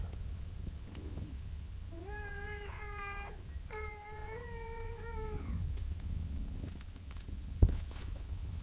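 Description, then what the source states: Cat meowing: two drawn-out, harmonic meows in the middle, the second longer and falling at the end, over a low steady hum. Cat gently meowing and purring in long intervals.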